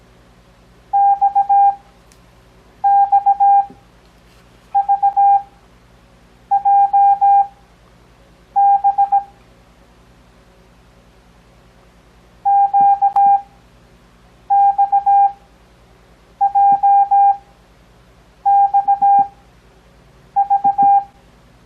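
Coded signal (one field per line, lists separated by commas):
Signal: Morse code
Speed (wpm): 17 wpm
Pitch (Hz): 800 Hz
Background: none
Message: XXVJB QXJXV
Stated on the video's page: Beginner Morse code copying practice covering letters B, C, F, H, J, L, P, Q, V, X, Y, Z plus earlier letters.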